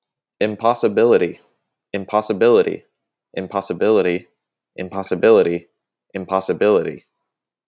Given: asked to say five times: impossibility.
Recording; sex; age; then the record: repeated word; male; 20 to 29 years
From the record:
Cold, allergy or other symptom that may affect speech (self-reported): no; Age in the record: 27 years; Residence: Illinois, United States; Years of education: 16